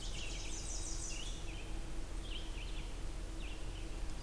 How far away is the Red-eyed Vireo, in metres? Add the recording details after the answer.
about 105 m. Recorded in boreal forest in Alberta, Canada, on 20 June 2016 at 07:19. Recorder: SongMeter 3, array SBT-6-81. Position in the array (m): 114 m, 154 m